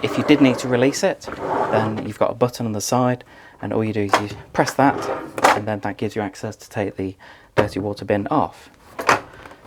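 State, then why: Seated. Someone talks while the plastic dirty water bin of a Tineco Carpet One carpet washer is released with the side button and then refitted into the washer body. It snaps back into place with a click at 9.1 s, and the bin is seated.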